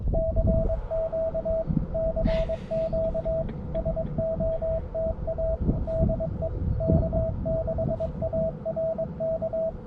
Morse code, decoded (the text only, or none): CQ CQ SOTA DE K6ARK